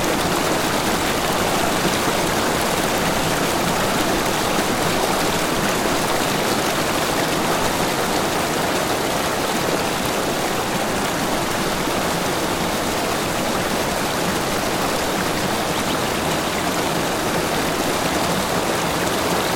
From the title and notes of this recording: BABBLING BROOK.